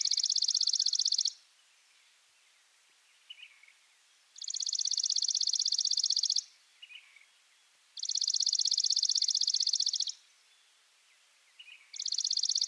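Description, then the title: Chipping sparrow delivering steady dry trills of rapid identical chips, about four bursts lasting up to just over two seconds, soft short bird notes heard between them. Subspecies Spizella passerina arizonae; used as a master song for training birds. "burung gereja dead sea masteran. Chipping Sparrow (Spizella passerina arizonae)"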